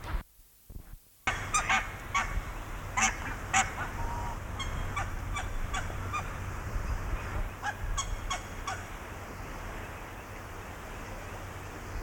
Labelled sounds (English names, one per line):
Barnacle Goose call